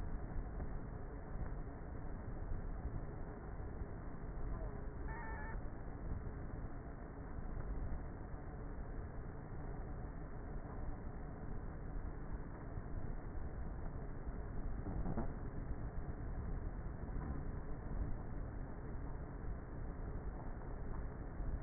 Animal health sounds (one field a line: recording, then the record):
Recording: honeybee colony, microphone inside the hive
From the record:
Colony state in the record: queenless with a low population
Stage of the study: before two queens were removed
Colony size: about 30,000 bees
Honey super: no